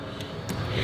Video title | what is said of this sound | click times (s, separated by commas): My Audi B9 S4 Gets RS4 Style Honeycomb Grille Upgrade and More! | and then once this Clicks in yep it clicked in there so then what I'm going to do | 0.5 s